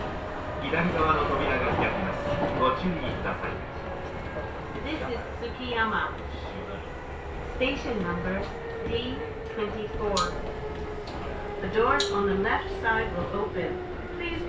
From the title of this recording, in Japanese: 耳で楽しむ鉄道旅 近鉄大阪線 区間準急 大和朝倉→近鉄下田